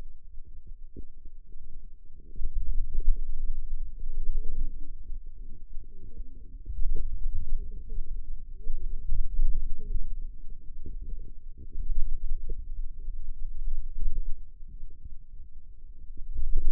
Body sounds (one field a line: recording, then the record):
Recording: forearm muscle sounds (acoustic myography)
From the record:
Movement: finger pinch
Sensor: system 2, bracelet of six BSWA MPA416 microphones around the upper forearm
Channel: 6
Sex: female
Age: 21 years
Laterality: right